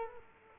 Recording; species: mosquito wingbeat signal from an infrared sensor; Culex quinquefasciatus